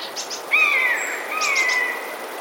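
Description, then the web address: Eurasian jay calls with two long, plaintive mews that descend gently. Brief high chirps come just before the first mew and during the second. Warning to house sparrows, recorded 26 February 2023. "wroblowe ostrzegator sojki 26 02 2023"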